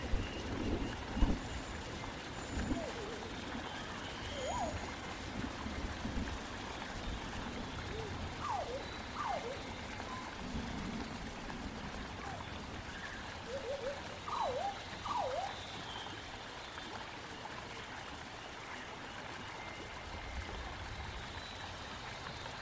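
A prehistoric forest ambience built on a steady, dense hiss like rain or running water. Short falling calls or chirps cut through around 4, 8 to 9, and 14 to 15 seconds, with faint high whistles and a few low thumps early on.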